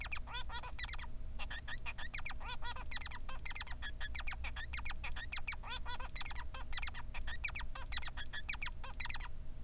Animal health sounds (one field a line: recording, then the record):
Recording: song of a male Bengalese finch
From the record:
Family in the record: son of father 3